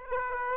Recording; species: mosquito wingbeat signal from an infrared sensor; Aedes aegypti